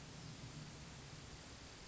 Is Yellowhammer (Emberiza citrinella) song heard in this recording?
no